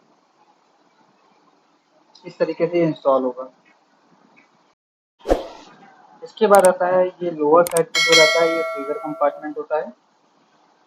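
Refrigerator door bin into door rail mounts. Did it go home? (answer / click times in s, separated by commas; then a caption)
yes / 5.3 s. A left-side (LB) door bin for an LG Objet Collection French-door refrigerator is slid down onto its door rails until it locks into place. Someone talks, then a single sharp knock at 5.3 s marks the bin seating, followed by more talk and a ringing tone.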